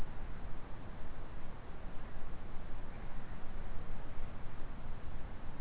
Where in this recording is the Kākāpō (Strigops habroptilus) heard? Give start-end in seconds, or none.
none